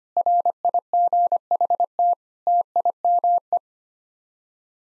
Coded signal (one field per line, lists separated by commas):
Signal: Morse code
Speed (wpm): 25 wpm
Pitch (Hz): 700 Hz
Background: none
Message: RIGHT TIME